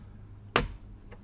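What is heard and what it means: On a BMW E9X (E90 328i, N52) instrument cluster, the locking tab on the gauge cluster's push-and-flip wiring harness connector is held down while its plastic lever is slid over. The lever gives a sharp click at 0.6 s, followed by a much fainter tick at 1.1 s. The lever is released and the connector then comes out.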